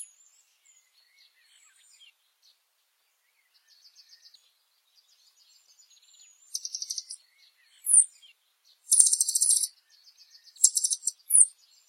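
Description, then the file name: Blue dacnis song: faint high ticking at first, then loud buzzy high bursts alternating with thin slurred whistles in the last half. "Canto do Sai azul"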